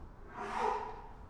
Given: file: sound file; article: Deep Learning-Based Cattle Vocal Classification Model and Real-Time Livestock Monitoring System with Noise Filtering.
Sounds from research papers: cattle; cough sound

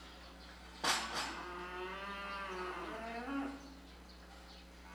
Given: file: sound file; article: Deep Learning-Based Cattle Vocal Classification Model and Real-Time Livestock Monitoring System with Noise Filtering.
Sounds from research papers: cattle; normal call

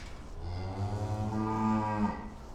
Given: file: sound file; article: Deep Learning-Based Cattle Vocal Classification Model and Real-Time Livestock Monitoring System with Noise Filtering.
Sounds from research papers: cattle; food anticipating call

